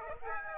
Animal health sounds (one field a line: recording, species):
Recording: mosquito wingbeat signal from an infrared sensor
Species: Aedes aegypti